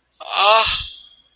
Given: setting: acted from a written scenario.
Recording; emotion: vocal sound without words; fear